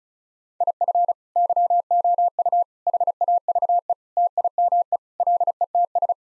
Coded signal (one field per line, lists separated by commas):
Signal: Morse code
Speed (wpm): 36 wpm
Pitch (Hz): 700 Hz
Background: none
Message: IF YOU HAVE TIME LETS